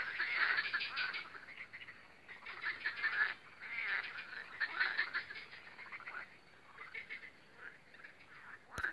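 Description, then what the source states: Frogs croak in rattling, pulsed bursts that come in waves. A sharp click sounds at the very end. Spring croaking of frogs on the Lomnica canal near Odra, recorded 10 May 2020.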